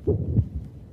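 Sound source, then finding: Heart by stethoscope. Heart murmur.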